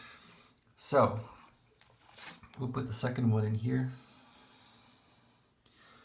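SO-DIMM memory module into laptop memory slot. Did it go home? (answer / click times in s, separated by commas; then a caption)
no / none. A second SO-DIMM memory module is lined up with the notch of a MacBook Pro 2009 laptop's memory slot before being pushed in. Someone talks while brief faint handling ticks are heard around 0.6 s, 1.8 s and 5.7 s. Nothing has seated or clicked yet.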